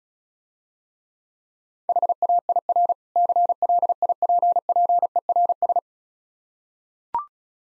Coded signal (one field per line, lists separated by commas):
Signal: Morse code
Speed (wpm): 36 wpm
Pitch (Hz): 700 Hz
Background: none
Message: HAIR CLIPPERS